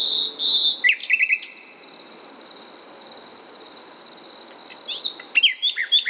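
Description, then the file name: Common nightingale singing a whistled phrase, then quick repeated notes, a pause, and a final burst of sharp varied notes, with steady insect buzzing behind. "Luscinia megarhynchos"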